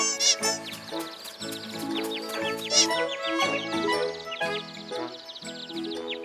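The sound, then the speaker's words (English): A small bird chirps over and over in quick, high, warbling bursts, its calls sliding up and down in pitch above a steady, droning tonal background. “Why is that little bird sounding like that?”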